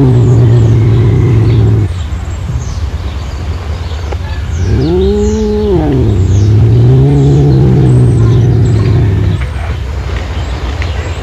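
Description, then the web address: Serval call, a short arched cry rising and falling within a second, followed by a lower wavering tone, over a constant low rumbling engine. "earth naturelibrary assets s se serval"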